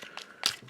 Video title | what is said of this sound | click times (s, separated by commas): Transformers: Takara Tomy -- Masterpiece MP-27 Ironhide | And that will just click into place. | 0.5 s